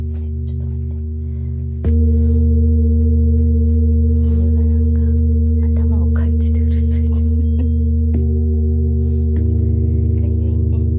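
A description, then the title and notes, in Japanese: Three large singing bowls ring together in a deep, steady drone with a slow wavering pulse. Near two seconds a fresh strike makes the low hum swell louder, and another bowl is struck around nine seconds. Faint clicks and rustles sound above the tones. 大きいボウル3つだけのサウンドヒーリングLive メキシコは朝です。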